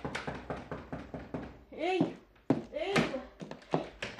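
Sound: knocking on a door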